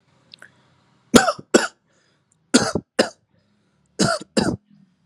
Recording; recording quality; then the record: heavy voluntary cough; excellent, no background noise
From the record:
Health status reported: recovered from COVID-19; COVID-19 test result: negative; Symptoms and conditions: none ticked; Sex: male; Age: 26 years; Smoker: not ticked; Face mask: not worn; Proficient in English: yes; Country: India